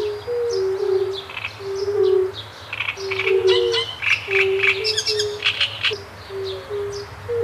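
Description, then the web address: Great reed warbler song: harsh, scratchy chattering phrases in short bursts, over a chorus of low, soft, repeated hooting notes. Heard together with fire-bellied toads. "Ptaki Trzciniak i Kumaki"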